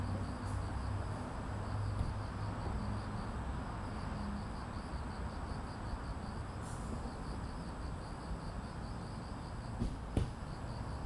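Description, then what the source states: Cricket song, an even high pulsed trill running throughout, with continuous low traffic rumble and a few brief clicks. Evening at Banpo Jugong Apartment Complex 1, Banpo-bon-dong, Seocho-gu, Seoul, South Korea; grass insects with street traffic.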